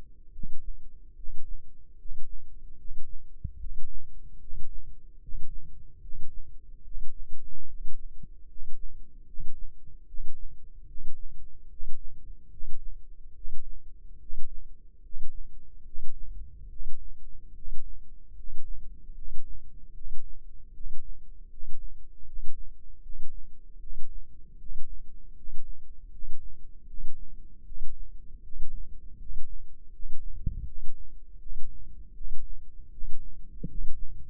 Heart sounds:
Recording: heart sounds by microphone in the left ear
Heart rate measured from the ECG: 76 bpm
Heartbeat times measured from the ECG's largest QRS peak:
0.30 s: heartbeat
1.14 s: heartbeat
1.96 s: heartbeat
2.76 s: heartbeat
3.57 s: heartbeat
4.38 s: heartbeat
5.19 s: heartbeat
5.99 s: heartbeat
6.82 s: heartbeat
7.65 s: heartbeat
8.46 s: heartbeat
9.24 s: heartbeat
10.05 s: heartbeat
10.85 s: heartbeat
11.68 s: heartbeat
12.48 s: heartbeat
13.33 s: heartbeat
14.18 s: heartbeat
15.01 s: heartbeat
15.83 s: heartbeat
16.67 s: heartbeat
17.53 s: heartbeat
18.34 s: heartbeat
19.13 s: heartbeat
19.92 s: heartbeat
20.72 s: heartbeat
21.48 s: heartbeat
22.24 s: heartbeat
23.01 s: heartbeat
23.78 s: heartbeat
24.57 s: heartbeat
25.34 s: heartbeat
26.09 s: heartbeat
26.85 s: heartbeat
27.63 s: heartbeat
28.41 s: heartbeat
29.16 s: heartbeat
29.90 s: heartbeat
30.64 s: heartbeat
31.38 s: heartbeat
32.13 s: heartbeat
32.90 s: heartbeat
33.66 s: heartbeat
From the record:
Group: healthy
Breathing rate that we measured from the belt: 17 breaths a minute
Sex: male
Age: 35 years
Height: 180 cm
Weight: 86.9 kg

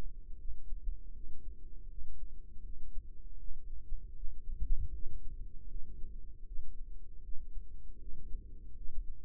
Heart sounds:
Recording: heart sounds by microphone in the right ear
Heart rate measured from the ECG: 79 bpm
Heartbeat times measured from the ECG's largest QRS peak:
0.36 s: heartbeat
1.12 s: heartbeat
1.87 s: heartbeat
2.62 s: heartbeat
3.37 s: heartbeat
4.13 s: heartbeat
4.91 s: heartbeat
5.68 s: heartbeat
6.44 s: heartbeat
7.21 s: heartbeat
7.99 s: heartbeat
8.74 s: heartbeat
From the record:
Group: healthy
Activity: rest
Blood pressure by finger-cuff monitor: 114/74 mmHg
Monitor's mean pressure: 87 mmHg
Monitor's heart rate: 79 bpm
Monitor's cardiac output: 5.6 L/min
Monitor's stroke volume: 70 mL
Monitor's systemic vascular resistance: 1140 dyn s/cm5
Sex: female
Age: 43 years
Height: 160 cm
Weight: 90 kg

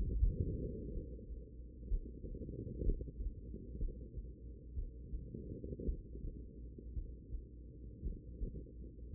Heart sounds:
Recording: heart sounds by stethoscope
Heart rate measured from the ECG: 60 bpm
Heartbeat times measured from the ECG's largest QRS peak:
0.16 s: heartbeat
0.89 s: heartbeat
1.86 s: heartbeat
2.81 s: heartbeat
3.77 s: heartbeat
4.73 s: heartbeat
5.84 s: heartbeat
6.93 s: heartbeat
8.01 s: heartbeat
9.10 s: heartbeat
From the record:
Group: heart failure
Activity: Valsalva maneuver 0-4 s, rest 4-9 s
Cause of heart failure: idiopathic cardiomyopathy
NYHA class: 2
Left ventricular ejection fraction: 53%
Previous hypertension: present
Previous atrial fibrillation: present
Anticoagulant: apixaban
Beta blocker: bisoprolol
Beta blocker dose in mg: 2.5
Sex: female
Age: 67 years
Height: 150 cm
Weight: 81 kg

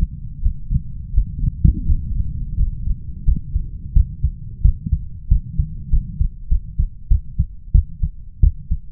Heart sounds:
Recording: heart sounds by stethoscope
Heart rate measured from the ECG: 90 bpm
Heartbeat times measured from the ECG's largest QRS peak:
0.40 s: heartbeat
1.12 s: heartbeat
1.84 s: heartbeat
2.55 s: heartbeat
3.24 s: heartbeat
3.92 s: heartbeat
4.61 s: heartbeat
5.27 s: heartbeat
5.89 s: heartbeat
6.48 s: heartbeat
7.07 s: heartbeat
7.71 s: heartbeat
8.40 s: heartbeat
From the record:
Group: healthy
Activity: rest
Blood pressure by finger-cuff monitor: 122/90 mmHg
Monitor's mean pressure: 99 mmHg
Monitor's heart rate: 88 bpm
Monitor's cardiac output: 6.1 L/min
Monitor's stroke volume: 71 mL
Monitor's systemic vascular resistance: 1150 dyn s/cm5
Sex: male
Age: 21 years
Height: 180 cm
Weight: 67.5 kg

